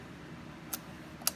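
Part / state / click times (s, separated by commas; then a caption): bobbin case into sewing machine hook / seated / 1.3 s. A bobbin case is inserted into the hook of an old-style flatbed sewing machine with its little arm facing up. A faint tick at 0.7 s is followed by a sharper, brighter click at 1.3 s as the bobbin case seats into place.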